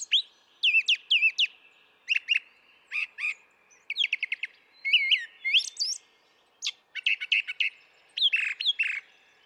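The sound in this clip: Brown thrasher song: a quick, continuous sequence of varied whistled and chirped phrases, many of them repeated.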